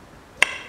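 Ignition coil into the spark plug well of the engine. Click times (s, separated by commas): 0.4 s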